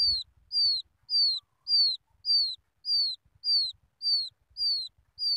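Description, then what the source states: Quail chick uttering clear, piercing peeps that slide downward, evenly spaced about every half second in a steady unbroken series. Chick calling its mother.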